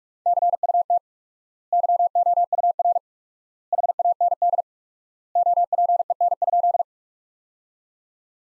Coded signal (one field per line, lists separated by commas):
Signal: Morse code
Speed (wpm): 47 wpm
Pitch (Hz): 700 Hz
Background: none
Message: CUT YOUR HAND OPEN?